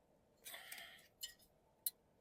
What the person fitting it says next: okay that's on I heard it click